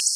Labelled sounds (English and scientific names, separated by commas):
Black-throated Blue Warbler (Setophaga caerulescens) flight call